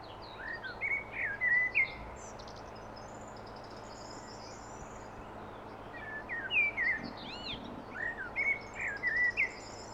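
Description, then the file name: Common blackbird song: two bursts of whistled notes with high squeaky, chattering endings separated by a pause, set against steady background hiss. "Turdus merula"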